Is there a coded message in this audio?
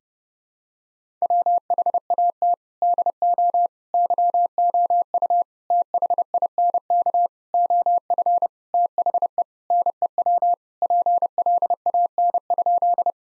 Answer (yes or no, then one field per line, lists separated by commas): yes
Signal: Morse code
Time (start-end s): 1.2-13.1 s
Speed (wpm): 30 wpm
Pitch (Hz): 700 Hz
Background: none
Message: WHAT DO YOU THINK OF THE NEW PLAN?